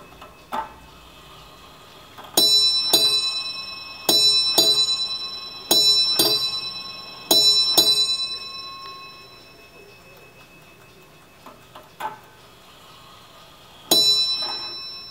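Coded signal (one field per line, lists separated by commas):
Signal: ship's bell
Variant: ship's bell clock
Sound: clock bell rings four pairs of strikes, eight bells, then another strike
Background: clock ticking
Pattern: 2-2-2-2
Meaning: Eight bells marks the end of a four-hour watch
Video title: SCHATZ TOP Clock Germany Royal Mariner Ships BELL Nautical Chime Bell Wall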